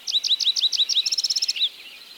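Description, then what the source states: Yellow-eyed Junco song: several quick slurred high notes, then a rapid trill of even pulses and a final slurred note, lasting under two seconds. Altitudinal migrant: in summer some nest on the ground at higher elevations, less vulnerable to predators; as winter approaches, food scarcity on snowy peaks pushes them down to the desert floor.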